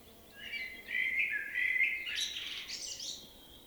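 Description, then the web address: Common blackbird: a single mellow whistled phrase that ends in a burst of high, scratchy twittering. "SETE data Turdus merula"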